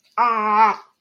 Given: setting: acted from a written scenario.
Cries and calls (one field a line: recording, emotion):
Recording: vocal sound without words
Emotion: anger